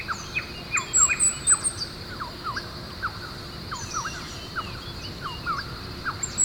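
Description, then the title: Bird calls: repeated short downward-sweeping whistles and high thin notes, with a steady faint hum beneath. "LuckyKumpulan SuaraBurung"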